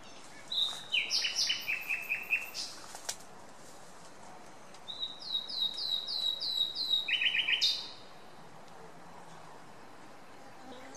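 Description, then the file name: Common nightingale singing fast phrases of repeated descending notes, a sharp rising series and a brief rattle, then falling silent for the last few seconds. "Luscinia megarhynchos"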